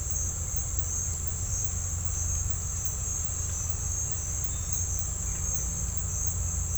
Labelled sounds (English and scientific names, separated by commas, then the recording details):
none
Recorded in dense forest near Puerto Asís, Putumayo, Colombia, on 21 December 2024 at 09:30
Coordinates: 0.468, -76.322
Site G071